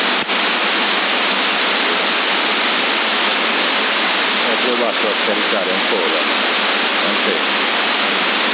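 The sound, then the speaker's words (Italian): CB radio static from lightning, recorded in Sassari in October 2020: a steady, harsh hiss fills the whole stretch, broken by one sharp crack at the start, with a faint voice murmuring underneath partway through. “Si ripeta nero, inizia ad arrivare i fulmini. Che scariche sono? QRM tipo scariche?”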